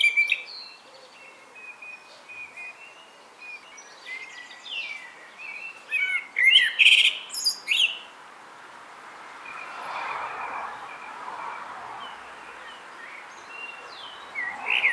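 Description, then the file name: Common blackbird song: a few fluty warbles and high twittering bursts early on, then a long stretch of soft rushing background noise with faint notes. "Turdus merula"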